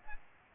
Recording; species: mosquito wingbeat signal from an infrared sensor; Aedes aegypti